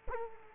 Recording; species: mosquito wingbeat signal from an infrared sensor; Culex quinquefasciatus